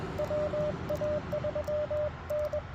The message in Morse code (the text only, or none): WA3N